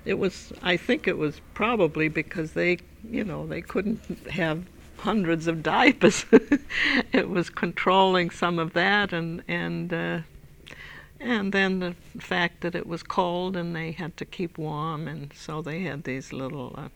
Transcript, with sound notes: It was, I think it was because they, you know, they couldn't have hundreds of diapers. (She laughs.) It was controlling some of that and then the fact that it was cold and they had to keep warm and so they had these little